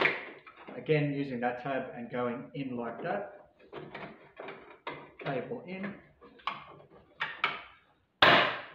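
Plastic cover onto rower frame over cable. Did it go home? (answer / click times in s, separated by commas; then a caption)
yes / 8.2 s. A plastic cover is pressed onto the frame of a NordicTrack RW900 rower over a cable that has just been tucked in. Someone talks while short tapping and handling sounds occur. The cover clicks into place at 8.2 s with a sharp, loud snap.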